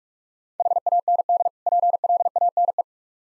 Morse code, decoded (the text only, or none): HAND PLANE